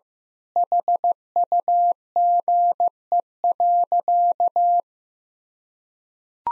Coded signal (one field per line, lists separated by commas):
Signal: Morse code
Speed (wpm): 15 wpm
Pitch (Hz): 700 Hz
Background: none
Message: HUGE.